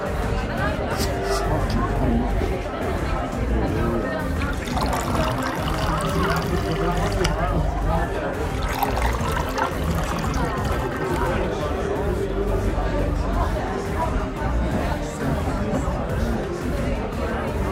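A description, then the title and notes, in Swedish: Murmuring bar sounds: many overlapping voices chatter in a steady, dense babble throughout, with occasional brief clinks and louder words rising above. Baren. En timme sorlande barljud.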